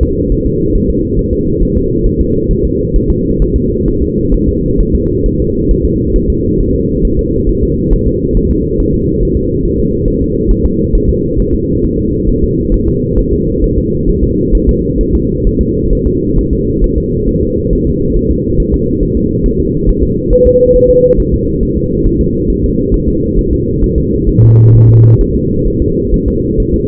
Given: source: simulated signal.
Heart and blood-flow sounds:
fetal heart sounds
0.03 s: S2
0.32 s: S1
0.46 s: S2
0.75 s: S1
0.90 s: S2
1.19 s: S1
1.33 s: S2
1.62 s: S1
1.77 s: S2
2.06 s: S1
2.21 s: S2
2.51 s: S1
2.65 s: S2
2.96 s: S1
3.10 s: S2
3.42 s: S1
3.56 s: S2
3.88 s: S1
4.02 s: S2
4.34 s: S1
4.49 s: S2
4.81 s: S1
4.95 s: S2
5.26 s: S1
5.40 s: S2
5.71 s: S1
5.85 s: S2
6.16 s: S1
6.30 s: S2
6.60 s: S1
6.75 s: S2
7.05 s: S1
7.19 s: S2
7.49 s: S1
7.63 s: S2
7.93 s: S1
8.07 s: S2
8.37 s: S1
8.51 s: S2
8.80 s: S1
8.94 s: S2
9.23 s: S1
9.37 s: S2
9.65 s: S1
9.80 s: S2
10.08 s: S1
10.22 s: S2
10.51 s: S1
10.66 s: S2
10.95 s: S1
11.09 s: S2
11.40 s: S1
11.54 s: S2
11.84 s: S1
11.99 s: S2
12.29 s: S1
12.44 s: S2
12.74 s: S1
12.88 s: S2
13.19 s: S1
13.33 s: S2
13.64 s: S1
13.78 s: S2
14.09 s: S1
14.24 s: S2
14.55 s: S1
14.69 s: S2
15.01 s: S1
15.15 s: S2
15.47 s: S1
15.61 s: S2
15.93 s: S1
16.07 s: S2
16.39 s: S1
16.53 s: S2
16.84 s: S1
16.98 s: S2
17.29 s: S1
17.43 s: S2
17.73 s: S1
17.87 s: S2
18.17 s: S1
18.31 s: S2
18.60 s: S1
18.74 s: S2
19.03 s: S1
19.17 s: S2
19.46 s: S1
19.60 s: S2
19.89 s: S1
20.03 s: S2
20.33 s: S1
20.47 s: S2
20.76 s: S1
20.90 s: S2
21.20 s: S1
21.34 s: S2
21.63 s: S1
21.77 s: S2
22.06 s: S1
22.21 s: S2
22.50 s: S1
22.64 s: S2
22.94 s: S1
23.08 s: S2
23.39 s: S1
23.53 s: S2
23.84 s: S1
23.98 s: S2
24.29 s: S1
24.43 s: S2
24.75 s: S1
24.89 s: S2
25.21 s: S1
25.35 s: S2
25.68 s: S1
25.82 s: S2
26.14 s: S1
26.28 s: S2
26.60 s: S1
26.74 s: S2
From the record:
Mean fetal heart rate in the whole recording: 135 bpm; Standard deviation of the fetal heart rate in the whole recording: 3 bpm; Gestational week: 36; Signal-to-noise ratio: -14.7 dB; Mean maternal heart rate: 72 bpm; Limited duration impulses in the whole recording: present

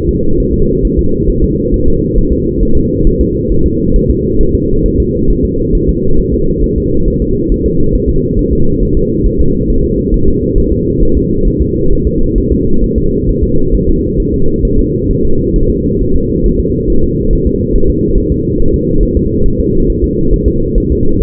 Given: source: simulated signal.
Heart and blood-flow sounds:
fetal heart sounds
0.09 s: S2
0.40 s: S1
0.54 s: S2
0.85 s: S1
0.99 s: S2
1.30 s: S1
1.44 s: S2
1.74 s: S1
1.88 s: S2
2.18 s: S1
2.33 s: S2
2.63 s: S1
2.77 s: S2
3.07 s: S1
3.21 s: S2
3.52 s: S1
3.66 s: S2
3.96 s: S1
4.10 s: S2
4.41 s: S1
4.55 s: S2
4.86 s: S1
5.00 s: S2
5.31 s: S1
5.45 s: S2
5.75 s: S1
5.89 s: S2
6.19 s: S1
6.34 s: S2
6.64 s: S1
6.78 s: S2
7.08 s: S1
7.22 s: S2
7.52 s: S1
7.66 s: S2
7.95 s: S1
8.09 s: S2
8.39 s: S1
8.53 s: S2
8.83 s: S1
8.97 s: S2
9.26 s: S1
9.41 s: S2
9.70 s: S1
9.84 s: S2
10.14 s: S1
10.28 s: S2
10.58 s: S1
10.72 s: S2
11.03 s: S1
11.17 s: S2
11.47 s: S1
11.62 s: S2
11.93 s: S1
12.07 s: S2
12.38 s: S1
12.52 s: S2
12.84 s: S1
12.98 s: S2
13.29 s: S1
13.44 s: S2
13.75 s: S1
13.89 s: S2
14.20 s: S1
14.34 s: S2
14.65 s: S1
14.79 s: S2
15.11 s: S1
15.25 s: S2
15.56 s: S1
15.70 s: S2
16.02 s: S1
16.16 s: S2
16.46 s: S1
16.60 s: S2
16.90 s: S1
17.04 s: S2
17.33 s: S1
17.47 s: S2
17.75 s: S1
17.90 s: S2
18.18 s: S1
18.32 s: S2
18.60 s: S1
18.74 s: S2
19.03 s: S1
19.17 s: S2
19.46 s: S1
19.60 s: S2
19.90 s: S1
20.04 s: S2
20.34 s: S1
20.48 s: S2
20.78 s: S1
20.92 s: S2
21.22 s: S1
From the record:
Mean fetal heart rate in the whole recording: 135 bpm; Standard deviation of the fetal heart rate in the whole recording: 3 bpm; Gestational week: 36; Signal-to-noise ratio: -17.7 dB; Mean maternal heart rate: 72 bpm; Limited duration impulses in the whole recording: present

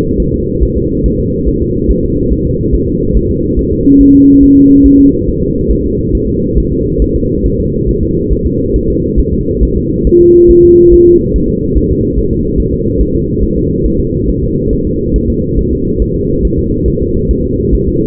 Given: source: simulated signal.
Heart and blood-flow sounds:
fetal heart sounds
0.20 s: S1
0.34 s: S2
0.63 s: S1
0.77 s: S2
1.06 s: S1
1.20 s: S2
1.49 s: S1
1.62 s: S2
1.91 s: S1
2.05 s: S2
2.33 s: S1
2.47 s: S2
2.75 s: S1
2.88 s: S2
3.17 s: S1
3.31 s: S2
3.59 s: S1
3.73 s: S2
4.01 s: S1
4.15 s: S2
4.43 s: S1
4.57 s: S2
4.86 s: S1
5.00 s: S2
5.28 s: S1
5.43 s: S2
5.72 s: S1
5.85 s: S2
6.15 s: S1
6.29 s: S2
6.58 s: S1
6.72 s: S2
7.02 s: S1
7.16 s: S2
7.46 s: S1
7.60 s: S2
7.89 s: S1
8.03 s: S2
8.33 s: S1
8.47 s: S2
8.76 s: S1
8.90 s: S2
9.19 s: S1
9.34 s: S2
9.63 s: S1
9.77 s: S2
10.07 s: S1
10.21 s: S2
10.51 s: S1
10.65 s: S2
10.94 s: S1
11.08 s: S2
11.36 s: S1
11.50 s: S2
11.77 s: S1
11.91 s: S2
12.19 s: S1
12.33 s: S2
12.60 s: S1
12.74 s: S2
13.01 s: S1
13.15 s: S2
13.44 s: S1
13.58 s: S2
13.86 s: S1
14.00 s: S2
14.29 s: S1
14.43 s: S2
14.73 s: S1
14.87 s: S2
15.16 s: S1
15.30 s: S2
15.59 s: S1
15.73 s: S2
16.02 s: S1
16.16 s: S2
16.45 s: S1
16.59 s: S2
16.88 s: S1
17.02 s: S2
17.31 s: S1
17.45 s: S2
17.75 s: S1
17.89 s: S2
From the record:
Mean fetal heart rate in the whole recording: 140 bpm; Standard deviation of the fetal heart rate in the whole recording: 2 bpm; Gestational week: 34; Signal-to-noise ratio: -10.2 dB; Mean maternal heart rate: 72 bpm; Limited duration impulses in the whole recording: present

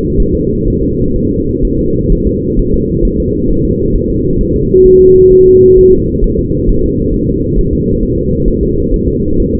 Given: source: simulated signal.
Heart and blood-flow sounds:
fetal heart sounds
0.20 s: S1
0.35 s: S2
0.68 s: S1
0.83 s: S2
1.16 s: S1
1.31 s: S2
1.65 s: S1
1.79 s: S2
2.12 s: S1
2.27 s: S2
2.59 s: S1
2.74 s: S2
3.05 s: S1
3.20 s: S2
3.50 s: S1
3.65 s: S2
3.96 s: S1
4.10 s: S2
4.41 s: S1
4.56 s: S2
4.87 s: S1
5.01 s: S2
5.32 s: S1
5.47 s: S2
5.79 s: S1
5.93 s: S2
6.24 s: S1
6.39 s: S2
6.69 s: S1
6.84 s: S2
7.14 s: S1
7.29 s: S2
7.59 s: S1
7.73 s: S2
8.03 s: S1
8.18 s: S2
8.48 s: S1
8.63 s: S2
8.94 s: S1
9.08 s: S2
9.40 s: S1
9.55 s: S2
From the record:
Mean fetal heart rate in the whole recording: 130 bpm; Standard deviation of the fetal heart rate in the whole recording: 4 bpm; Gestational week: 38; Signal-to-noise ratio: -15.3 dB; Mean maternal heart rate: 72 bpm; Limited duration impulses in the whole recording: present

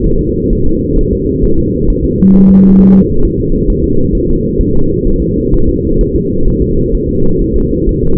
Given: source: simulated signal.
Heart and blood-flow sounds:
fetal heart sounds
0.06 s: S1
0.21 s: S2
0.53 s: S1
0.67 s: S2
0.99 s: S1
1.13 s: S2
1.44 s: S1
1.59 s: S2
1.90 s: S1
2.04 s: S2
2.35 s: S1
2.50 s: S2
2.81 s: S1
2.95 s: S2
3.25 s: S1
3.39 s: S2
3.70 s: S1
3.84 s: S2
4.15 s: S1
4.29 s: S2
4.61 s: S1
4.75 s: S2
5.07 s: S1
5.22 s: S2
5.54 s: S1
5.69 s: S2
6.01 s: S1
6.15 s: S2
6.48 s: S1
6.62 s: S2
6.94 s: S1
7.09 s: S2
7.41 s: S1
7.56 s: S2
7.89 s: S1
8.03 s: S2
From the record:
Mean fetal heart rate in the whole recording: 130 bpm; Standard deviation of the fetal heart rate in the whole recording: 4 bpm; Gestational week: 38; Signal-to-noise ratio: -17.7 dB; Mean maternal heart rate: 72 bpm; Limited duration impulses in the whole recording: present

